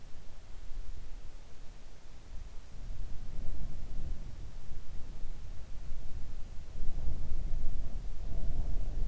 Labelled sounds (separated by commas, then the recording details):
wind
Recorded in the Arctic National Wildlife Refuge, Alaska, on 3 August 2019 at 05:00
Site 41